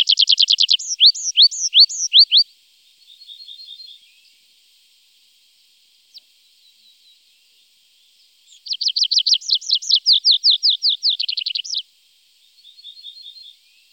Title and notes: Baumpieper - Tree Pipit. Sounds of birds from Germany, Austria, Switzerland